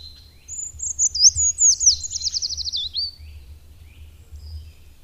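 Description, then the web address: Eurasian treecreeper gives one high, wispy song phrase that slides down into a rapid trill, with low background rumble throughout. "agykontroll Madardalok Cd 1. Hegyi fakusz"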